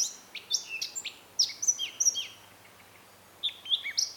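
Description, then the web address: Eurasian blackcap song: bright scratchy notes and fluty slurred whistles in a quick phrase, a second of quiet, then another brief burst of warbling. "SETE Sylvia atricapilla"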